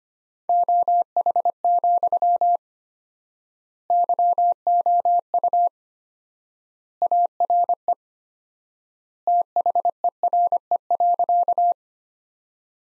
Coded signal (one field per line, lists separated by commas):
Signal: Morse code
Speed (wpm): 25 wpm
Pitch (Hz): 700 Hz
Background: none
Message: OH, YOU ARE THERE.